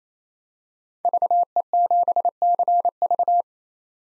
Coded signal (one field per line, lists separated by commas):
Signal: Morse code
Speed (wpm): 28 wpm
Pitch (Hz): 700 Hz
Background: none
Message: VE7CV